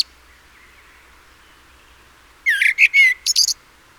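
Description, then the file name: Common blackbird, a single short song phrase: a few warbled notes and a squeaky high flourish after a quiet opening of over two seconds. "Turdus merula"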